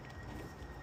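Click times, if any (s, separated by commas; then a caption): none. A plastic underbody panel fastener is handled against the underside of a Volkswagen Beetle (A5) while the underbody panels are refitted after an oil change. Only a steady, low broadband rumble with a faint thin high tone is heard, with no sharp transients. Nothing has seated or clicked yet.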